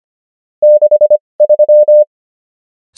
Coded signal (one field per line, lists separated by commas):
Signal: Morse code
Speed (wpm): 25 wpm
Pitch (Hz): 600 Hz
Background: none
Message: 63